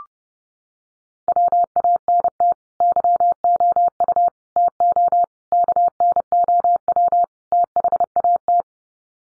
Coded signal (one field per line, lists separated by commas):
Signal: Morse code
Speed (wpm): 30 wpm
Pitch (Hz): 700 Hz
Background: none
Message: WANT YOU TO KNOW THAT